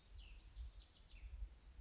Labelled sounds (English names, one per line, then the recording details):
Cassin's Vireo
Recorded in Sonoma County, California